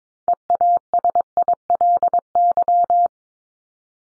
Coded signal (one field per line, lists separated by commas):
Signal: Morse code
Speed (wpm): 22 wpm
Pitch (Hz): 700 Hz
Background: none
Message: EASILY